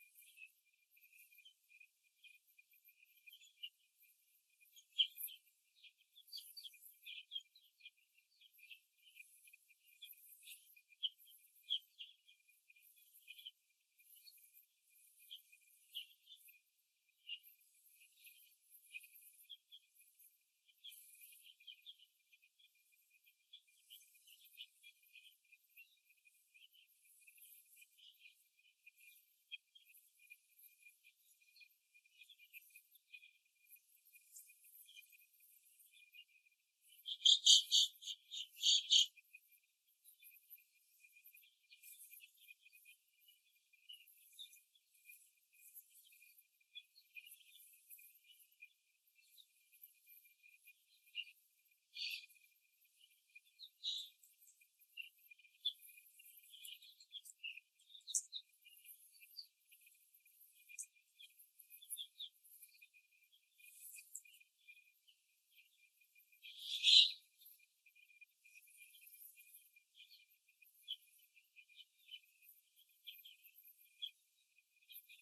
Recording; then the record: young laying hens in a cage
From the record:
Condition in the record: after the stressor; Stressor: simulated dog barking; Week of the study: 2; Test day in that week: 2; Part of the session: 4